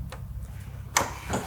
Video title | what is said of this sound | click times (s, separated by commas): SERVİS 1 MİLYON TL MASRAF VAR DİYİNCE PARÇALARI BAGAJA DOLDURUP GÖNDERMİŞ ! Şaka Gibi & BMW 530D N57 | tık diye çıkıyor. | 1.0 s